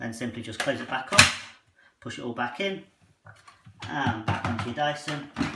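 Someone talks while the emptied clear plastic dust bin of a Dyson Cinetic Big Ball CY22 Animal bagless cylinder vacuum cleaner is closed and pushed back into the vacuum's body, with brief handling sounds between the words. The bin has not clicked or seated yet when the clip ends.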